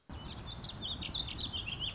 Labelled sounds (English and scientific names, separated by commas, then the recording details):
Warbling Vireo (Vireo gilvus)
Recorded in Sonoma County, California